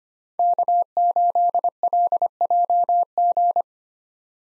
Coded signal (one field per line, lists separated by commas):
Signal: Morse code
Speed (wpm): 25 wpm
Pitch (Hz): 700 Hz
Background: none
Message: K8LJG